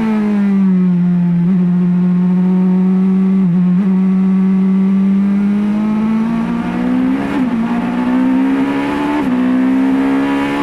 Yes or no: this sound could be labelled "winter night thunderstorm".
no